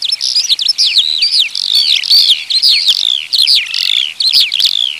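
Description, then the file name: Eurasian skylark singing a rapid warble of high buzzy trills and quick slurred notes, with only short breaks. Recorded in 2020. "ALLODOLA 2020"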